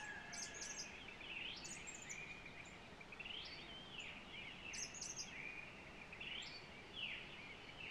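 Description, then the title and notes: Rufous-collared Sparrow song: clear slurred whistled notes sliding down and up, repeated throughout, with thin high chips from other birds over a steady background hiss. At dawn in a domestic yard at Rincón de Paiva, Centurión, Cerro Largo, Uruguay, 1 October 2023, recorded with a ZOOM H4n Pro. "Amanecer en el Rincón de Paiva (Centurión, Cerro Largo). Chingolo, 03: 30""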